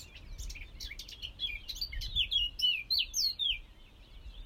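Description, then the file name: Eurasian blackcap song, a scratchy twittering run that turns into clear, louder whistled notes near the end, then falls quiet. "Sylvia atricapilla"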